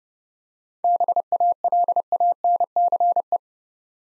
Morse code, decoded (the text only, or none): BALANCE